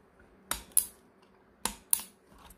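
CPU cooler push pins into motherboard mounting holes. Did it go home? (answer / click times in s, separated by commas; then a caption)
yes / 0.5 s, 0.8 s, 1.7 s, 1.9 s. The plastic push pins of a stock 12th-gen CPU cooler, turned clockwise first, are lined up with the motherboard's socket mounting holes and pressed down. Four sharp clicks are heard at 0.5, 0.8, 1.7 and 1.9 seconds as the pins lock in place. The cooler is seated and installed.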